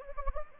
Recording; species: mosquito wingbeat signal from an infrared sensor; Anopheles gambiae